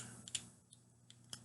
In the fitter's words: enough so that it sits in place. You hear that snap as it goes back into place.